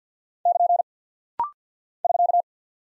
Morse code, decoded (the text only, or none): <KN> <SK>